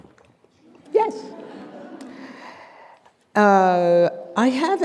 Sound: audience laughter